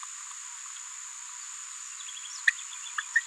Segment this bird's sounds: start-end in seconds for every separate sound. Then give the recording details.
2.47-2.50, 2.98-3.01, 3.15-3.20. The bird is a female. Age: 27 days. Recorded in a nest box in Venezuela. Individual 17B73B2